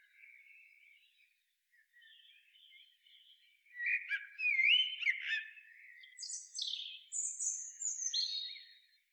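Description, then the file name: Common blackbird song, soft warbled phrases early, then louder fluty whistles followed by high squeaky twittering notes near the end. "Turdus merula"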